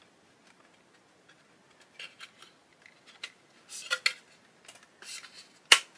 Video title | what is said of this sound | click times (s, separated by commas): Pocher 1/8 Lamborghini Aventador LP-700-4 Giallo Orion. Part Eight. | and it's saying here to press until they click | 4.1 s, 5.7 s